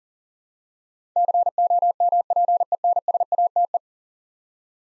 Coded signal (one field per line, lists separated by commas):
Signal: Morse code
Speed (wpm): 40 wpm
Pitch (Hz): 700 Hz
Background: none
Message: COMPENSATE